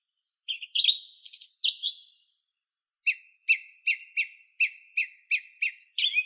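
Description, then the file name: Song thrush singing: a burst of varied high squeaky notes, a pause, then one short whistled note repeated several times in a series. "Neizvesten - Drozd pevchij Turdus philomelos (Zvyki com)"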